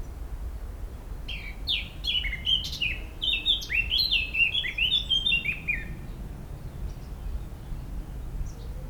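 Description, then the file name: Eurasian blackcap song, scratchy notes leading into a fast run of clear, slurred whistles for about three seconds, with a faint low rumble throughout. "Sylvia atricapilla"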